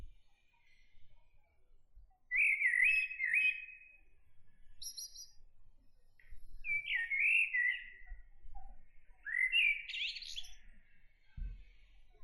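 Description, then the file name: Common blackbird song: three warbled phrases separated by pauses, with a few thin high notes, against a quiet background. "Turdus merula"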